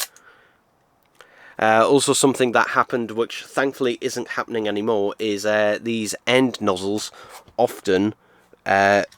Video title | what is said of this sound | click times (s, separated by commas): Doctor Who Nawya Master's Laser Screwdriver Replica Review | is to basically press on the nozzle and have it click in place like that. | 1.2 s